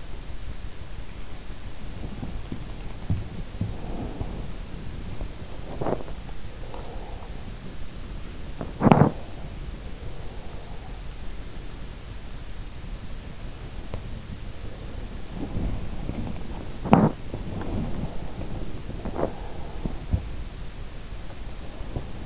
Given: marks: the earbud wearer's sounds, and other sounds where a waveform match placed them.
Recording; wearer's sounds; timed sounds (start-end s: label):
sounds in sleep by an in-ear microphone; body movement
0.00-22.26 s: body movement